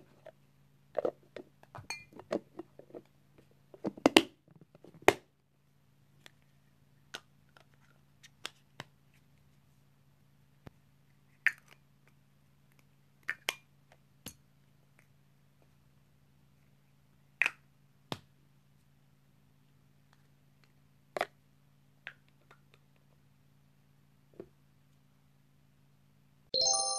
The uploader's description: opening and closing of various tops, cutting newspaper and shower sounds from a distance